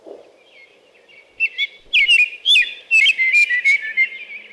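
American robin song begins softly, then builds into loud whistled caroling phrases that rise and fall, over a low hum.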